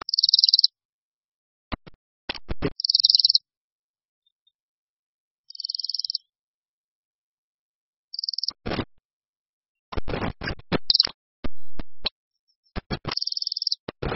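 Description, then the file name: Bohemian waxwing calls, short high buzzy trills repeated in bursts, interrupted by loud sharp clicking and knocking noises. "Brkoslav-severní"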